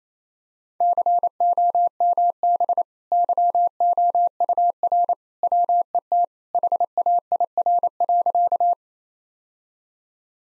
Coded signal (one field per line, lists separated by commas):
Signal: Morse code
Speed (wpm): 27 wpm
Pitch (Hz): 700 Hz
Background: none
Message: COMB YOUR WET HAIR.